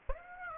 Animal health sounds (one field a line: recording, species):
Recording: mosquito wingbeat signal from an infrared sensor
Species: Aedes aegypti